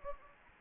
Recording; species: mosquito wingbeat signal from an infrared sensor; Anopheles gambiae